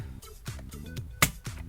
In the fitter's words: so I'm gonna go ahead and mount this down just like this here and you can hear it pops in now